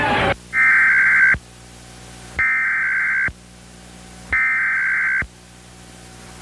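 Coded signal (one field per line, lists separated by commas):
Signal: Emergency Alert System (SAME) tones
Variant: header bursts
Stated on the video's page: Recreation of a Pennsylvania Required Monthly Test on a cable headend, with valid tones made using macros.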